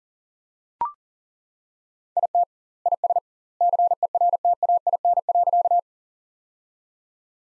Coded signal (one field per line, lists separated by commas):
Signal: Morse code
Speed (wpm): 40 wpm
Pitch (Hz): 700 Hz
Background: none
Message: IT IS CERTAIN.